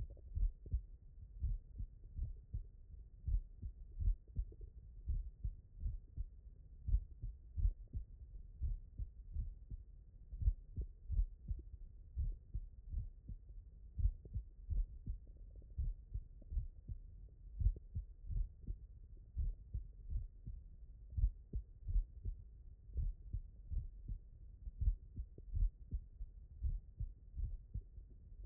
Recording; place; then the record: heart sounds by stethoscope; mitral valve (MV)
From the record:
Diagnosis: non-HFrEF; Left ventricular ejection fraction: 75%